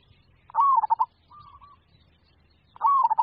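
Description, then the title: Zebra dove coo: a stuttering, rolling phrase, a brief soft follow-up note, then the phrase begins again. "Suara Burung Perkutut"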